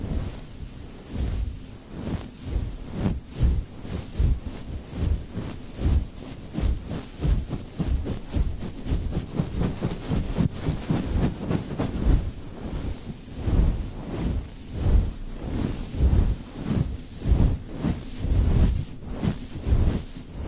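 Rhythmic mic brushing makes a steady run of quick, dense swishing strokes, heavy in the low end, with a soft hiss throughout.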